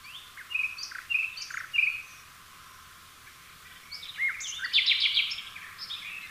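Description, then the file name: Common nightingale singing separate chirped notes, a short pause, then a dense, rapid burst of buzzy repeated elements. "Luscinia megarhynchos"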